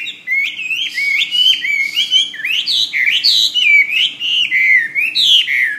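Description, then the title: Bird song as a continuous warble of rising and falling slurred whistles, running without pause. "SuaraBurung Kicau"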